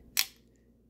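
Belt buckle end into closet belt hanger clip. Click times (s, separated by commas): 0.2 s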